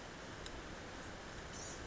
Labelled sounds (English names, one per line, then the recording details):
Blue-gray Gnatcatcher
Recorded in Sonoma County, California